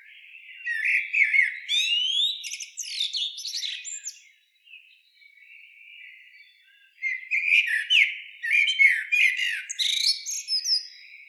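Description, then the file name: Common blackbird singing mellow fluted warbles broken by thin, high, scratchy twittering notes, two long phrases with a brief quiet gap between them. "Turdus merula"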